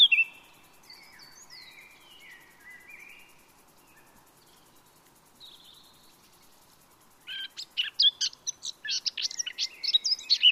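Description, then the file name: Eurasian blackcap: soft, drawn-out whistled notes gliding down at first, then after a quiet stretch a sudden bright burst of rapid, scratchy warbling. "Sylvia atricapilla"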